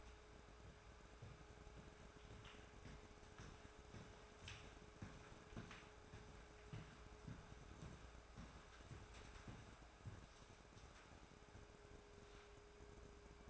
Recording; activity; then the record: daily activity, microphone in the room; walk to room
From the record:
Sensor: 2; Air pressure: 1010.3 hPa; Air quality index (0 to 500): 160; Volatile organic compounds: 7 ppm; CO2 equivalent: 2006 ppm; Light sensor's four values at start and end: 35/86/38/44 and 34/82/36/41